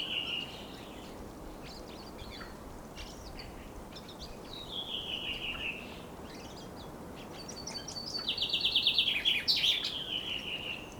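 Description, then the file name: Common chaffinch song: a fainter descending phrase midway, then a louder descending trill ending in a flourish; steady background noise. "Fringilla coelebs"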